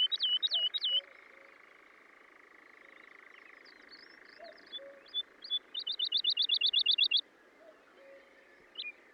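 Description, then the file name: Woodlark singing two bursts of rapid, liquid repeated notes, the second a long even trill of about twelve notes, with a steady drone and soft low notes beneath. "British Library - ZHavoronok Lesnoj"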